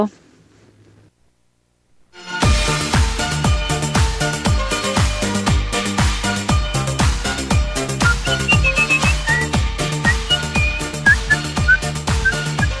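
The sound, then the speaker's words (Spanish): A full band of musicians from Bariloche plays a steady, driving beat with thumping drums, and a high, thin whistled melody threads through the mix in short, bright phrases over the instruments. “Esos silbidos.”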